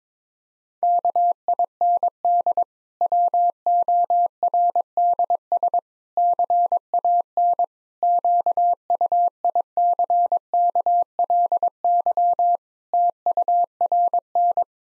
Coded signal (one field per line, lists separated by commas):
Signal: Morse code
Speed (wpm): 22 wpm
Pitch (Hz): 700 Hz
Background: none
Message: KIND WORDS CAN QUICKLY TURN